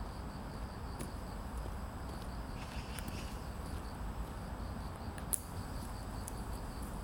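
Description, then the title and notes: Cricket trilling in rapid high pulses, with a few sharp clicks over constant low traffic noise. Evening at Banpo Jugong Apartment Complex 1, Banpo-bon-dong, Seocho-gu, Seoul, South Korea; grass insects with street traffic. "Banpo Jugong Apartment, Cricket, Street 반포주공1단지, 저녁, 풀벌레, 자동차. 대한민국 서울특별시 서초구 반포본동 1107"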